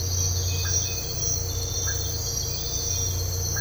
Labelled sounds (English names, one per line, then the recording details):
none
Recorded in dense forest near Puerto Asís, Putumayo, Colombia, on 13 March 2025 at 05:30
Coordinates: 0.468, -76.322
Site GP01